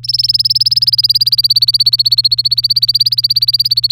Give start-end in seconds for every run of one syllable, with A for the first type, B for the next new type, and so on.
0.03-3.91 A